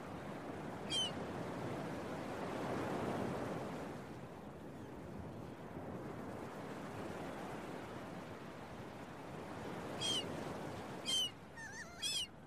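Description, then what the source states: Gull giving one short cry early, then a burst of three quick harsh calls near the end, surf rumbling steadily underneath. Early morning at the beach, with waves.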